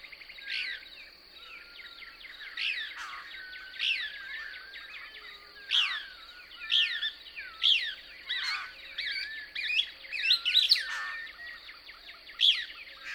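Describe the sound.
Couch's Kingbird song: loose series of sharp, sweeping twittered notes, with a steady high-pitched hiss behind.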